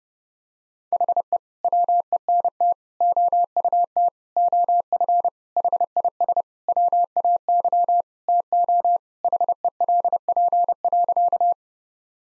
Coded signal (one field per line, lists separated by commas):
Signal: Morse code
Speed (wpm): 30 wpm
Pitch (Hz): 700 Hz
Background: none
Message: HE WENT OUT OF HIS WAY TO HELP.